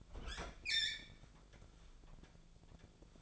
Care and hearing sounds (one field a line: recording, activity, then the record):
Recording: daily activity, microphone in the room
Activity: open fridge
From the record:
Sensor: 5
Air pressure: 1000.1 hPa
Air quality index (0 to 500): 106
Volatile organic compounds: 1 ppm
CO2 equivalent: 854 ppm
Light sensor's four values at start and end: 192/460/194/211 and 193/461/195/212